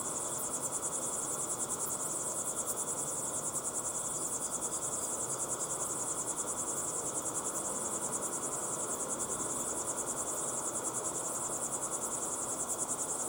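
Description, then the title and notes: Cricket chorus of rapid, regular high chirps running without pause, a dense shimmering trill over gentle background noise. Several crickets chirping at sunset in the Timanfaya pyroclastic desert, Lanzarote; recorded in the field with ambisonic equipment, converted to binaural audio. "Binaural Cricket Sounds. crickets at sunset in the incredible Timanfaya pyroclastic desert on the island of Lanzarote"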